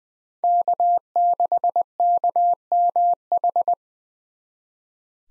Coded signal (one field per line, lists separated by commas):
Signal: Morse code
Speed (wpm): 21 wpm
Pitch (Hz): 700 Hz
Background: none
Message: K6KMH